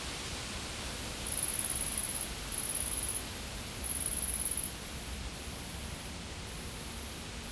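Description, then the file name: An insect gives high shrill trills in short bursts, three louder ones followed by softer repeated ones, over steady hiss. Insects recorded in a field. "Insects In The Field"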